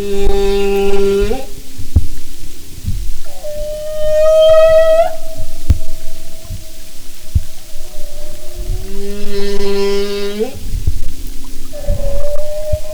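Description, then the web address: Humpback whale song units alternating low buzzy harmonic moans and higher drawn-out whining tones, repeating in a steady sequence over low rumbling water noise. "Sound and Marine Mammals humpback"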